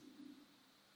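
A faint, low gurgling rumble lasting under half a second: an ordinary stomach growl from gut movement in an adult.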